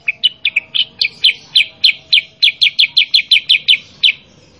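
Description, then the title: Sooty-headed bulbul song: a rapid run of short, sharp, downslurred chirps. Masteran training song for cage birds, gacor style of energetic nonstop singing, played to prompt other kept birds to answer and copy. "Masteran Kutilang Sutra. Kutilang Sutra mana YANG GAK NYAUT dan IKUT BUNYI GACOR dengan suara Kutilang Sutra Super GACOR Ini"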